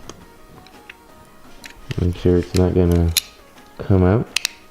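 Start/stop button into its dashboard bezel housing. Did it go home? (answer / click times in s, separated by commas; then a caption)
yes / 4.4 s. A new red plastic start/stop button for an F80 M3 is pressed into its dashboard bezel housing while someone talks over a few faint ticks. A sharp snap at 4.5 s marks the retaining clips engaging, and the button is seated.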